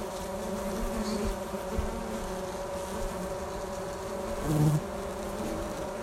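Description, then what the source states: Honey bees giving a steady droning hum with layered low tones, a louder swell near the end. Fanning on top of a hive cover, 07 02 2019.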